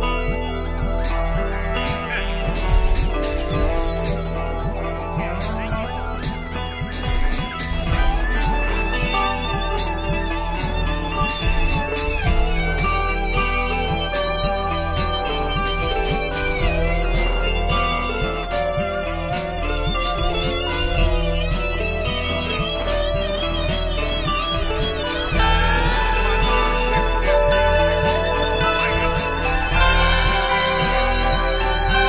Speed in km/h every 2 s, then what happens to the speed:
0, 0, 0, 2, 0, 0, 0, 0, 0, 0, 3, 0, 0, 0, 0, 0.
0-32 standing.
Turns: none.